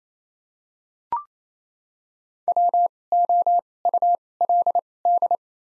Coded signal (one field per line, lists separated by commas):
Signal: Morse code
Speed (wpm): 27 wpm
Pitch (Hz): 700 Hz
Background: none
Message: W O U L D